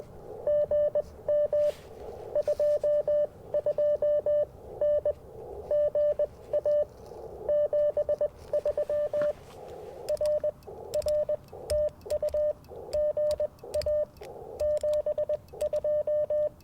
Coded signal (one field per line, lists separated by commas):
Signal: Morse code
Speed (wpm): 21 wpm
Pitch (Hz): 590 Hz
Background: radio noise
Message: GM 22N GA 73 RR TU GA 72